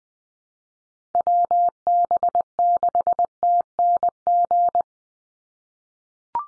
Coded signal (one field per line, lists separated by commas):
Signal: Morse code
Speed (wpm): 20 wpm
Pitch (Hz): 700 Hz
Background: none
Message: WB6TNG